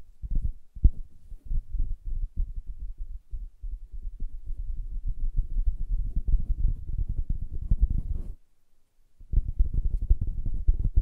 Soft Fabric Surface Tapping & Scratching